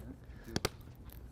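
The extruded channel at the top of a side window on a Bestop Trektop soft top for a two-door JK Wrangler is clipped in at the outboard edge of the top rail and slid across. A faint snap just before is followed by a sharp, positive click at 0.7 s, then a few light ticks and rustles. The window channel is seated in the rail.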